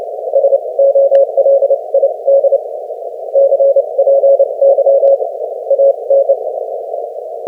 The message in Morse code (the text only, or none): SOLID CPY AN